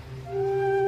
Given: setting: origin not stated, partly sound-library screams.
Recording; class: one-second piece from a danger detection set; normal situation